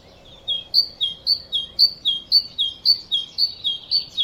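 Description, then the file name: Great tit giving a steady run of high two-note phrases, alternating upper and lower notes, many in quick even succession. "Parus major"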